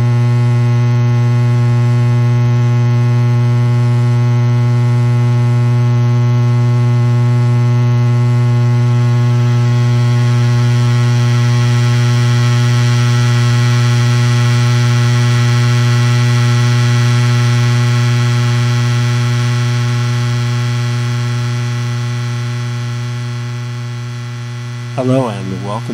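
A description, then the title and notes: An old television picture tube gives off a steady, low electrical hum with a faint high whine above it, holding constant for most of the recording. Toward the end it fades slightly, then a brief wavering pitch sweep and a few clicks appear near the close. Recordings of an old TV picture tube made by Dan Bodah in Northampton, Massachusetts with a contact mic.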